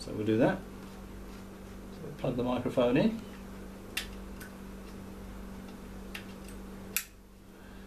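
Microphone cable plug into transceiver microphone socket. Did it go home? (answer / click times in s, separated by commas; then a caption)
yes / 7.0 s. Someone talks, then the modular plug of a microphone cable is pushed into the recessed microphone socket on the body of a Yaesu FT857D transceiver. A few small handling taps come around 4.0, 4.4 and 6.2 seconds, and the plug clicks firmly home at 7.0 seconds, fully seated.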